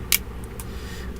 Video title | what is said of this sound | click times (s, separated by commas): transformers generations titans return deluxe class hyperfire and blurr | peg, push them until you hear that click. | 0.1 s